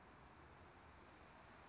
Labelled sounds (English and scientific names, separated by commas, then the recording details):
Anna's Hummingbird (Calypte anna)
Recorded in Sonoma County, California